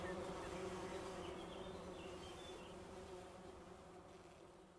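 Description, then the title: Bumblebee drone, a low buzzy hum that slowly fades, with faint high chirps above. Recorded in Wülfel, Hannover, Germany. "Wülfel, Hannover, Deutschland - Hummelgebrumm"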